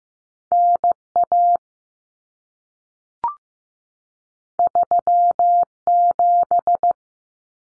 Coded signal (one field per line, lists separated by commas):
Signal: Morse code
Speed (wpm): 15 wpm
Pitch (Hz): 700 Hz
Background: none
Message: NA 37